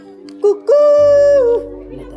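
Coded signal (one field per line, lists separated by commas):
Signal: whistled language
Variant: Khasi jingrwai iawbei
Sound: a brief two-note sung call: short low note, then long held note sliding down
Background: quiet room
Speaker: Shalan is my name, but my wish name with my mother composed to me Yes. like cuckoo. Like that.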